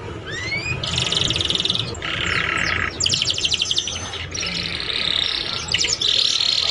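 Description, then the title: Canary song: a rising whistle, then alternating blocks of loud buzzy rolls and fast rattling trills, each lasting about a second. Song used to warm up Belgian canaries and to lure young canaries into singing and chattering quickly. "Canto Para Esquentar Canário Belga. SUARA KENARI PAUD CUIT CUIT BELAJAR BUNYI - pancingan kenari paud muda agar cepat bunyi dan ngeriwik"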